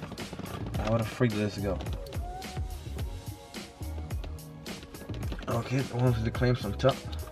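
Someone handles the main wiring harness plug at the back of an aftermarket car radio head unit during an install, with light plastic handling taps over talking and background music. The plug has not seated or clicked in yet.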